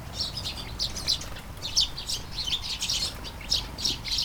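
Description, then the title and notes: Short sparrow chirps repeated unevenly by a few birds, over a steady background hiss. Flying sparrows in a garden at Taastrup, Denmark, early morning during a light shower; recorded on a Sony PCM-D100 with internal mics. "Kærengen 8, 2630 Taastrup, Denmark - Flying sparrows. Flying sparrows in the garden, early morning. Light shower. Vols de moineaux dans le jardin, au petit matin. Pluie fine"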